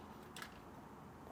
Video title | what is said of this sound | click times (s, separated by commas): Kenmore Washer - Door Lock Replacement - 4K UHD | So get it clicked in, just like that. | 0.4 s